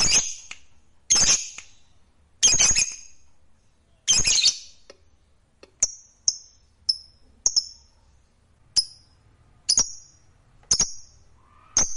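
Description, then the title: Lovebird giving four harsh, loud screeches in succession, then a string of brief, sharp high-pitched chirps spaced irregularly. "Suara Lovebird"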